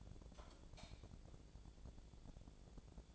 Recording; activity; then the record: daily activity, microphone in the room; light off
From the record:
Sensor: 5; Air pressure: 1000.2 hPa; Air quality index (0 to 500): 105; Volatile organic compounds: 1 ppm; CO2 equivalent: 850 ppm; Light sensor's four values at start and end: 189/450/192/211 and 187/443/189/208